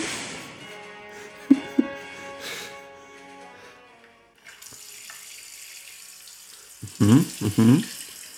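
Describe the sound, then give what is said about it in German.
Water streams from a faucet's separate sprinkle jets in a steady, hissing spray, with a few clunks of handling and some brief splashy bursts toward the end. “Diese einzelnen Sprenkelstrahlen von dem Wasserhahn sind irgendwie.”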